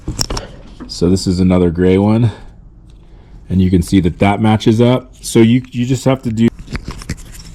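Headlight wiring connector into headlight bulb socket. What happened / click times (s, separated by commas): The connector is handled but not yet clicked home / none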